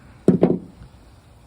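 A clamp of a Gator EFX tri-fold tonneau cover is tightened onto the bed rail of an F-150 Lightning pickup, with a sharp knock-like click at 0.3 s followed by a second knock at 0.4 s. The clamp locks in and is confirmed in place, as the cover now sits level and its latches, which previously would not latch, now latch well.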